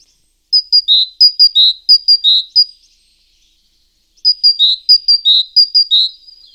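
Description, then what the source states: Great tit singing two runs of repeated high two-note phrases with a silent gap between them. Song, played back as recording number one in a bird quiz.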